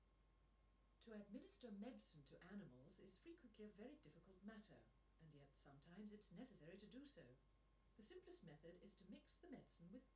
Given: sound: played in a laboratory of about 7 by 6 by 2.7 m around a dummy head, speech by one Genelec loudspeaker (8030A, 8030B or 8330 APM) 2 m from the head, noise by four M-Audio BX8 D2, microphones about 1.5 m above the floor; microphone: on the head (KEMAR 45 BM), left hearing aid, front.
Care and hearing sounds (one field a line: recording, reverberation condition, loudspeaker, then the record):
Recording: female speech in English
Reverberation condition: low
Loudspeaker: 30 degrees to the right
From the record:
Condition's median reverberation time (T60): about 310 ms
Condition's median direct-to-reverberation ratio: about 3.5 dB